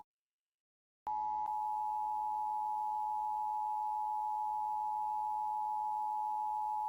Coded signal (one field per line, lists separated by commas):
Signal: Emergency Alert System (SAME) tones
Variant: 853 and 960 Hz attention tone